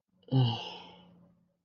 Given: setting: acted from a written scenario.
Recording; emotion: vocal sound without words; guilt